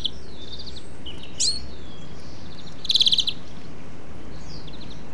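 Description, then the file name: European greenfinch giving one short rapid trill of about six pulses, with a few brief chirps over steady low background noise. "Chloris chloris"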